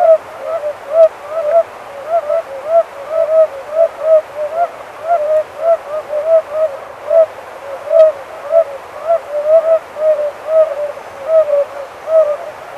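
Oriental fire-bellied toads in chorus: many short hooting notes in an uneven, pulsing series, some overlapping.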